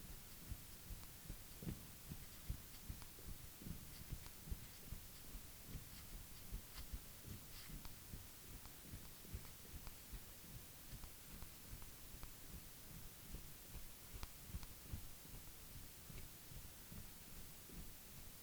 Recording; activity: daily activity, guitar pickup as the sensor; jump